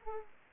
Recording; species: mosquito wingbeat signal from an infrared sensor; Aedes aegypti